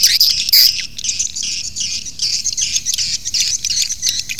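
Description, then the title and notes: Swiftlet chirps, a few loud high squeaks at the start, then a steady chatter of thin twitters over a faint low hum. Asia; sound used in swiftlet farming to attract the birds. "Swiflet Bird Sound. Farming Swiflet Bird asia sound"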